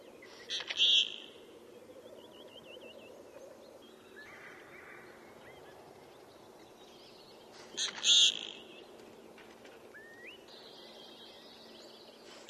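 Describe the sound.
Bird calls: two sharp, high chirps about seven seconds apart, with faint thin warbling notes between them over a steady low background hum.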